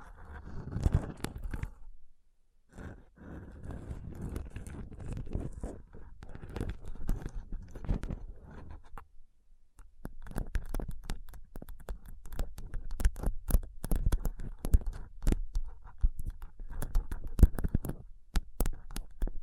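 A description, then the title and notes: Rubbing and tapping on rhinestone-covered palms makes dense scratchy friction with quick bright clicks, broken by brief pauses near 2.5 and 9 seconds. Tapping & Rubbing Rhinestone Covered Palms.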